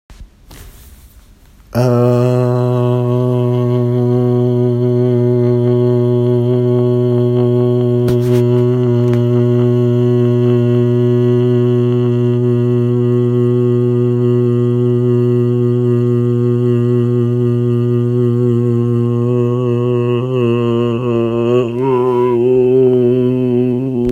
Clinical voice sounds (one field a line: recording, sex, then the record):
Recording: sustained vowel /a/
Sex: male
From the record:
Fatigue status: fatigue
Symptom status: symptomatic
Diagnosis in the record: COVID-19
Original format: m4a